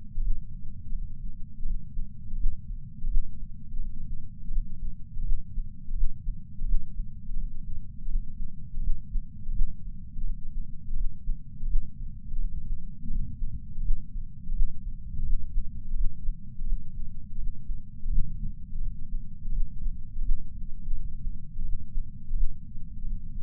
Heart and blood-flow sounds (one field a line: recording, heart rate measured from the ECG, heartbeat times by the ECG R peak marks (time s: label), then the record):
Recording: heart sounds by patch sensor on the chest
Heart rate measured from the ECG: 84 bpm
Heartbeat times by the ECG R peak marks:
0.22 s: heartbeat
0.93 s: heartbeat
1.65 s: heartbeat
2.38 s: heartbeat
3.09 s: heartbeat
3.79 s: heartbeat
4.51 s: heartbeat
5.24 s: heartbeat
5.95 s: heartbeat
6.66 s: heartbeat
7.37 s: heartbeat
8.09 s: heartbeat
8.82 s: heartbeat
9.53 s: heartbeat
10.24 s: heartbeat
10.96 s: heartbeat
11.68 s: heartbeat
12.39 s: heartbeat
13.10 s: heartbeat
13.83 s: heartbeat
14.54 s: heartbeat
15.24 s: heartbeat
15.95 s: heartbeat
16.66 s: heartbeat
17.38 s: heartbeat
18.10 s: heartbeat
18.81 s: heartbeat
19.52 s: heartbeat
20.23 s: heartbeat
20.93 s: heartbeat
21.64 s: heartbeat
22.35 s: heartbeat
23.05 s: heartbeat
From the record:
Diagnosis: coronary artery disease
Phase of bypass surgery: postoperative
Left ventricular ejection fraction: 59.9%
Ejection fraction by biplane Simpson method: 56%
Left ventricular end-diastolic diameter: 50 mm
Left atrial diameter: 38 mm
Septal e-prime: 8.6 cm/s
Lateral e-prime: 8.8 cm/s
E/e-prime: 7.7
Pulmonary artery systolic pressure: 23 mmHg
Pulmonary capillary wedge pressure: 16 mmHg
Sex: male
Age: 69 years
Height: 160 cm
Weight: 69 kg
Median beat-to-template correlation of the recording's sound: 0.74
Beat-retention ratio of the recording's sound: 0.99